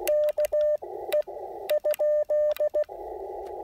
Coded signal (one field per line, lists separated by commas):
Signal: Morse code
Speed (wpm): 15 wpm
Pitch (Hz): 600 Hz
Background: radio noise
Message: KE?